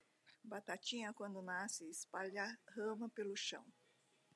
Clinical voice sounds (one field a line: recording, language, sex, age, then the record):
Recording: short text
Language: Brazilian Portuguese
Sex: female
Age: 60 to 69 years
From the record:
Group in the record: control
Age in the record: 68 years